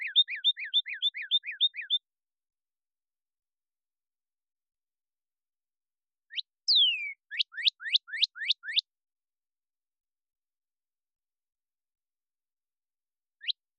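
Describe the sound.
Cardinal singing a fast string of two-part whistled notes. After a long silence come a downslurred whistle and a quick series of sharply rising whistled notes. The background is quiet.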